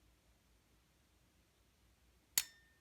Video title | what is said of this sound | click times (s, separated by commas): Sig Sauer M17 reassembly | I hear it lock into place just like okay | 2.4 s